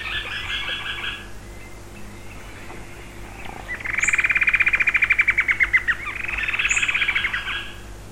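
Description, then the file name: Bird sound opening with stacked, buzzy repeated notes, then a loud sustained trill of rapid pulses running several seconds, with brief high chirps above. "SABIOD 50 bird 2015"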